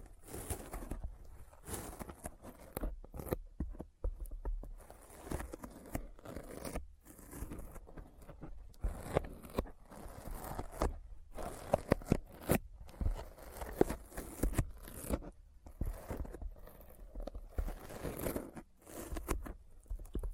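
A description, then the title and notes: Sticky fingers pull and tap in rapid, irregular bursts of crackly, crunchy clicks and smacks that run densely and without pause. ASMR Intense Sticky Finger Sounds (No Talking).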